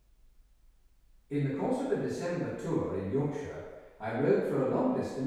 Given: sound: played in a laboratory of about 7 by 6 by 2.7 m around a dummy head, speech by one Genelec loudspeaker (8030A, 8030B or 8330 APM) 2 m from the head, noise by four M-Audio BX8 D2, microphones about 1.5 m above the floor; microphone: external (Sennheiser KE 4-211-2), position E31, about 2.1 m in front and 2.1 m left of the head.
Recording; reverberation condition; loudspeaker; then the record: male speech in English; high; in front (0 degrees)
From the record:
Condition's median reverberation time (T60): about 1300 ms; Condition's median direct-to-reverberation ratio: about -4.0 dB